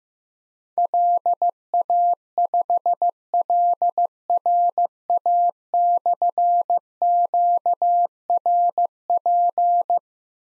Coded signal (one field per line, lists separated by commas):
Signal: Morse code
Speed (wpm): 15 wpm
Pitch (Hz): 700 Hz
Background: none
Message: LA5LRA/QRP